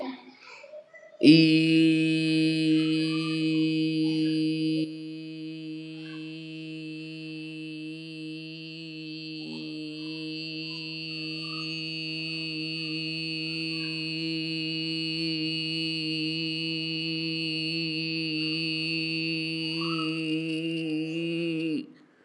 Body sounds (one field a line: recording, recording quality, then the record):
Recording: sustained vowel as in beet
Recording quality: excellent, no background noise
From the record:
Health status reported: healthy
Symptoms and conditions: cough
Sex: male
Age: 40 years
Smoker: not ticked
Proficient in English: yes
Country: India